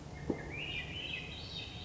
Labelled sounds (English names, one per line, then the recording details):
Swainson's Thrush
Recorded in Sonoma County, California